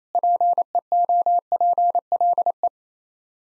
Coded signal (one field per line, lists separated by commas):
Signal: Morse code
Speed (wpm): 27 wpm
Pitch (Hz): 700 Hz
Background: none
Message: PEOPLE